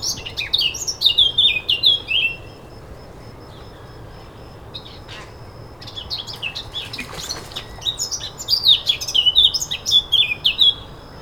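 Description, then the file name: Eurasian blackcap warbling: two bursts of varied, fast notes separated by a pause, over steady background noise. "Sylvia atricapilla"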